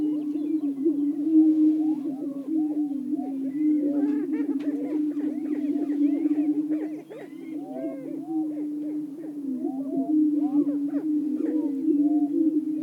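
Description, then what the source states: Greater prairie-chickens keep a dense low booming hum, crowded with short squealing whoops and occasional cackles that briefly fade near the middle. Several greater prairie-chickens calling.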